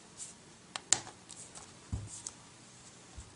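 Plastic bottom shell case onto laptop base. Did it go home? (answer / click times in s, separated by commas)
yes / 0.8 s, 0.9 s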